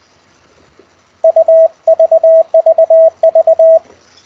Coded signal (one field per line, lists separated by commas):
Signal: Morse code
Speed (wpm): 20 wpm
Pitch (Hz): 650 Hz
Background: radio noise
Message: UVVV